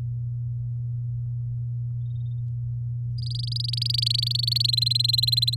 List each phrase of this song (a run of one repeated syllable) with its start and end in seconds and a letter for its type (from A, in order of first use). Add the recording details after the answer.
3.18-4.71 A, 4.73-5.55 B. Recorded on 7 May 2018 at 13:21. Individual llb16